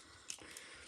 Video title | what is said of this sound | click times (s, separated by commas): Transformers G1 Astrotrain (1985) | You hear a bit of you hear a click there. So we've unplugged the legs, | 0.3 s